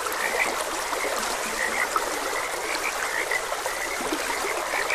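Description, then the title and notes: Frogs croaking, short chirpy notes repeated irregularly over the steady rush of a flowing stream. Frogs croaking beside a gentle stream. "Gentle Stream and Frogs Croaking. Sleep and Relaxation Podcast"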